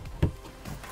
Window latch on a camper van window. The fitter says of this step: lock it into place now if i want to black out the window it